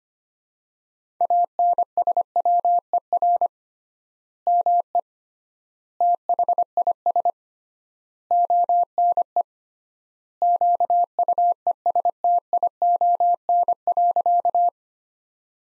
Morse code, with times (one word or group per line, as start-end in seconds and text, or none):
1.2-3.5 ANSWER
4.5-5.0 ME
6.0-7.3 THIS
8.3-9.4 ONE
10.4-14.7 QUESTION.